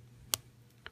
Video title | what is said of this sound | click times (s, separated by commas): Mastermind Creations - R08D - DARK AZALEA (Stealth Assassin) | the forearm armor and snap that together | 0.3 s